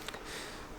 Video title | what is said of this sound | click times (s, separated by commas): Ford Transit Custom Limited Doublecab Detailed Walk & Talk Review | they will click into place and they will hold the door at a 90 degree angle like so | 0.1 s